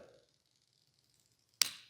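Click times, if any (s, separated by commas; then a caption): 1.6 s. A toy brick race car is pulled backwards on a gym floor to wind its plastic pull-back motor, with a faint whir at the start and then quiet. At 1.6 s the motor's clutch gives one sharp, bright click, showing it has reached full wind.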